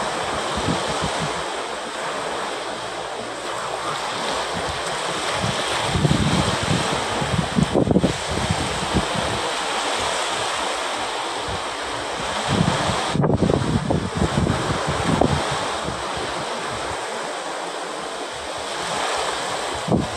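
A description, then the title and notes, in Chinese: Ocean waves and wind form a dense, steady hiss that fills the whole clip. Low gusts buffet the microphone in bursts, strongest around six to eight seconds and again near thirteen to fifteen seconds, with brief dropouts at about eight and thirteen seconds. 海浪跟風聲。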